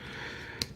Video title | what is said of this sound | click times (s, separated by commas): SHOKY REVIEWS: PLANET X QUIRRINUS AKA FALL OF CYBERTRON SLAG | tilt the robot head back up make sure that clicks into place these | 0.6 s